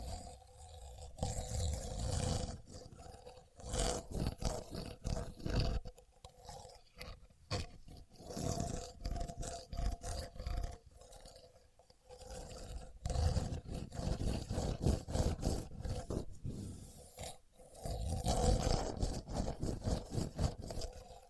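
A contour gauge is being pressed and worked, its many pins rattling and scraping in dense, rapid clicks. The sound comes in rough swelling bursts with short quieter gaps, a low grinding rumble under the clatter, and a steady faint tone throughout.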